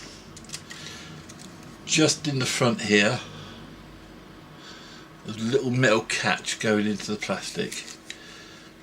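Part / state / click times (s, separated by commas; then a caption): metal catch in a plastic recorder case / released / 8.1 s. A small metal catch at the front of a Sony TCD-D7/D8 cassette recorder is released from its plastic slot as the plastic case is eased back. Someone talks, and small ticks are heard early on. A sharp click at 8.1 s marks the catch coming out.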